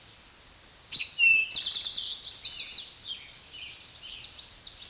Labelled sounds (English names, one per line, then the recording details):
Eastern Towhee song
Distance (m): 5 m
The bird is about 5 m above the microphone
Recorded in a Pennsylvania forest on 16 May 2024 at 06:14
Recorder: AudioMoth, point MSD-0627
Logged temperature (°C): 14.8 °C
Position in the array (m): 109 m, 6 m